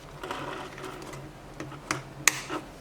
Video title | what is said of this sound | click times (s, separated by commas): I Crashed My DJI Mavic Mini - How To Attach The Propeller Guards | you hear it snap | 2.3 s